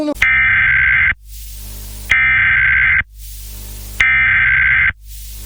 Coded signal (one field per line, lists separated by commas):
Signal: Emergency Alert System (SAME) tones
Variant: header bursts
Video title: EAS mock cuz yeah